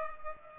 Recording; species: mosquito wingbeat signal from an infrared sensor; Culex pipiens